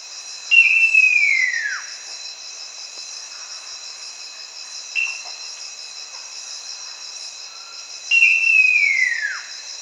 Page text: Great Eared Nightjar Call. Quick Sounds